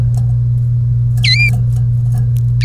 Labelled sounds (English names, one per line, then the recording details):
Domestic Canary song
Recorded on 1 May 2018 at 07:01
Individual llb3